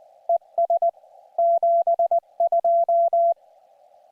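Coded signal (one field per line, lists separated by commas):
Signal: Morse code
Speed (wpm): 19 wpm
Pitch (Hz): 680 Hz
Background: none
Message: ES 72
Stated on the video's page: Summits on the Air activations on three summits using an Elecraft KX2.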